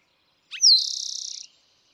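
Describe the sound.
Eastern towhee singing once: a short note, a falling whistle, then a quick buzzy trill of evenly repeated notes.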